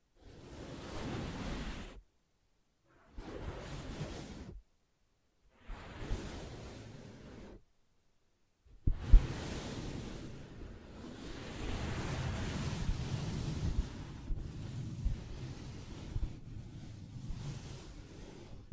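Soft fabric is rubbed and scratched in short bursts separated by silences, then a longer continuous stretch of dull, rustling friction with small taps.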